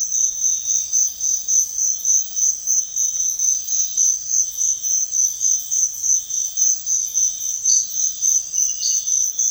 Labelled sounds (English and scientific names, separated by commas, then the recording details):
none
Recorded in pastures near Puerto Asís, Putumayo, Colombia, on 4 March 2025 at 06:00
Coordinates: 0.502, -76.324
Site GP07